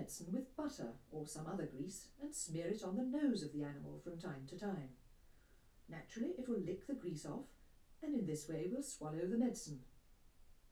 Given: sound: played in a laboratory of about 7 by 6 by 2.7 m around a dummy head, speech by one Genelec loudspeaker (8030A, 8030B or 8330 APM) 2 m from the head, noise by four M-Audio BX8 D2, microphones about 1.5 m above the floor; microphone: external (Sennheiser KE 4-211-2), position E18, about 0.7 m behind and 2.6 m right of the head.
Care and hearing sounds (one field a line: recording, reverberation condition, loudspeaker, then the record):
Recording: female speech in English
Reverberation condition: low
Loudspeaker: 30 degrees to the right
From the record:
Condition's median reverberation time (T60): about 310 ms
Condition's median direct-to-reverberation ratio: about 3.5 dB